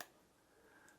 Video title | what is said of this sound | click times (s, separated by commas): Solar Panel Repair - 100W Solar Panel | so then you just push it in as hard as you get a click | 0.0 s